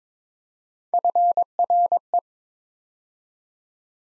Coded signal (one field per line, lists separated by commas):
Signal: Morse code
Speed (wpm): 22 wpm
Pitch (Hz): 700 Hz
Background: none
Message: FRE